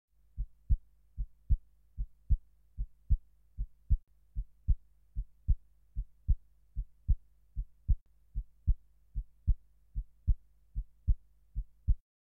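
An adult heart heard through a stethoscope at the base of the heart: normal heart sounds, a regular lub-dub rhythm at about 75 beats per minute, all low in pitch.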